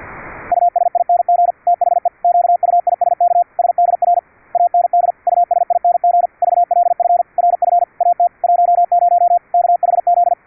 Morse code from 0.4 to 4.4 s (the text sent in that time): USING THE QUISK SDR